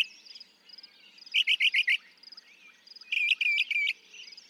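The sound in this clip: Northern mockingbird song: two bursts of four harsh repeated notes separated by a pause, over a soft high trilling background.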